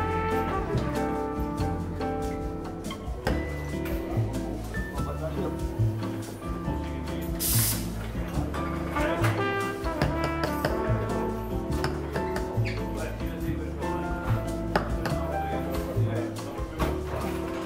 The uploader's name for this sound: Seaside Cafe Ambience - Coffee Shop Sounds, Ocean Sounds